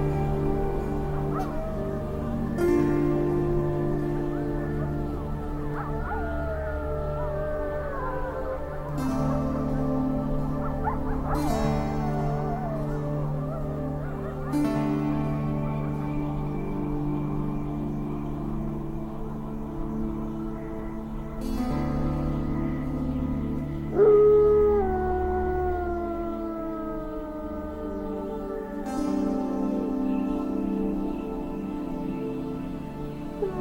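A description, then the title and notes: Slow music of low, sustained tones shifts to a new chord every few seconds, often marked by a soft struck, gong-like attack. Higher gliding calls, somewhat like honking birds, drift over it, with a sharper, louder one near the 24-second mark. Sound Of The Wolves - Music and Nature Sounds.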